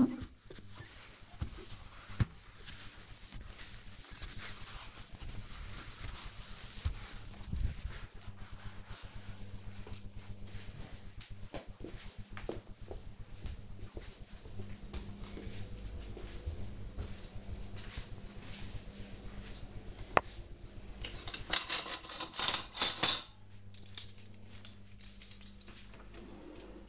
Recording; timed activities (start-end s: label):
household activities, microphone on the right wrist
0.00-6.98 s: window cleaning
19.07-26.89 s: putting away the dishes